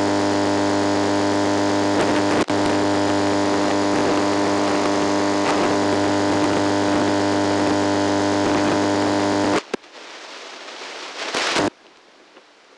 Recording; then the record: brain microelectrode recording played as sound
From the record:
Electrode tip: outside the subthalamic nucleus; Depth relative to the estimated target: -6 mm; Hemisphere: left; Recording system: NeuroSet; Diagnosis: Parkinson's disease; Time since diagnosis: 9 years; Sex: male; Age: 61 years